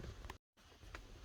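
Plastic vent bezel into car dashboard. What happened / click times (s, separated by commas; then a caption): The plastic trim piece snapped into place / 0.3 s, 0.9 s. A plastic vent bezel is pressed in at the top to snap into the dashboard of a 2019 Infiniti QX60 during an UNAVI CarPlay installation. Sharp clicks sound at 0.3 s and 0.9 s over low background rumble, with a brief stretch of total silence in between. The bezel seats in place.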